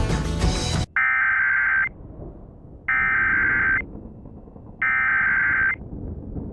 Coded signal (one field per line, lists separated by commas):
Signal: Emergency Alert System (SAME) tones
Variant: header bursts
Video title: EAS Re-creation | Unusual High Wind Warning (5/13/2022)